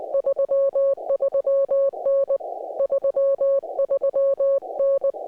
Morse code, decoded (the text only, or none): 33N 33N